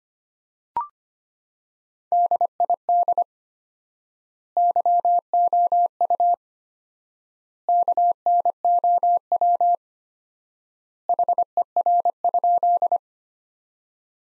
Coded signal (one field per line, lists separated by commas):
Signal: Morse code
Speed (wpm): 25 wpm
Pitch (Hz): 700 Hz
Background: none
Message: DID YOU KNOW HER?